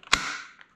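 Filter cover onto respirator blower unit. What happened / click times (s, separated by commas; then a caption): The plastic cover snapped shut and latched / 0.1 s. The plastic filter cover of an Optrel e3000X powered air-purifying respirator is set into its dugouts and pressed down onto the blower unit. A sharp click at 0.1 s rings out with a bright decaying tail, followed by a fainter tick near 0.6 s. The cover latches, showing the filter is back in place and secure.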